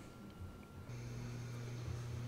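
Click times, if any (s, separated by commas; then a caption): none. An EVGA GeForce 2080 Ti RTX FTW3 graphics card is lined up with the motherboard PCIe slot before being pushed in. A low, steady hum fills the clip and grows slightly louder and fuller from about 0.9 s. Nothing has seated or clicked yet.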